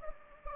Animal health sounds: mosquito wingbeat signal from an infrared sensor; Anopheles gambiae

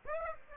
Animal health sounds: mosquito wingbeat signal from an infrared sensor; Aedes aegypti

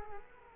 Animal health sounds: mosquito wingbeat signal from an infrared sensor; Culex quinquefasciatus

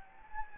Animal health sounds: mosquito wingbeat signal from an infrared sensor; Anopheles gambiae

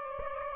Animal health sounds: mosquito wingbeat signal from an infrared sensor; Aedes aegypti

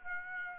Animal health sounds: mosquito wingbeat signal from an infrared sensor; Aedes aegypti

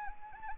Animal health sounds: mosquito wingbeat signal from an infrared sensor; Anopheles arabiensis

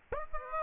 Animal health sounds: mosquito wingbeat signal from an infrared sensor; Aedes aegypti

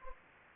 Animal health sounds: mosquito wingbeat signal from an infrared sensor; Anopheles gambiae

